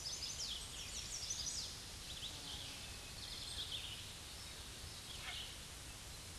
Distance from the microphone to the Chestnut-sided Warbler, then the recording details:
about 30 m. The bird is about 15 m above the microphone. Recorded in a Pennsylvania forest on 16 May 2024 at 07:53. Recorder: AudioMoth, point MSD-2429. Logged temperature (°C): 16.7 °C. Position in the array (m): 114 m, 99 m